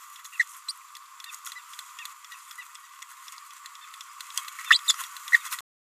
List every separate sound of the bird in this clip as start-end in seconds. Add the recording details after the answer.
0.40-0.42, 0.69-0.72, 4.70-4.77, 4.88-4.92, 5.33-5.37. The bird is a male. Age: 27 days. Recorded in a nest box in Venezuela. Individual 17B31A1